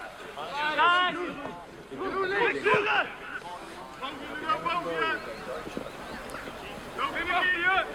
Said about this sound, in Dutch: Ja, een willekeurige voetbalwedstrijd, ja. Amateurvoetbal is dit.